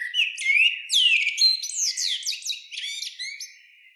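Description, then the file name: Common blackbird song: a rich, fluting phrase that runs straight into a dense burst of high, squeaky twittering notes, fading at the end. "Turdus merula"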